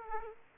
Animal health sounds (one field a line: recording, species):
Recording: mosquito wingbeat signal from an infrared sensor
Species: Aedes aegypti